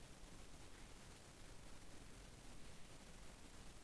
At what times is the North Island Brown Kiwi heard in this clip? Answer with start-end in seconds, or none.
none